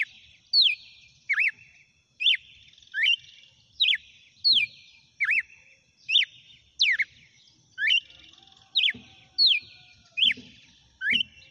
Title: Canto Galo Campina Fêmea. GALO DE CAMPINA CANTANDO e BATENDO FOGO